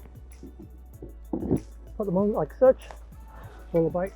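A luggage case is lined up against the retaining points of a pannier mount on a Suzuki 1200 Bandit motorcycle, ready to be pushed home. Faint handling taps are heard while someone talks, with a steady low hum underneath. Nothing has seated or clicked yet.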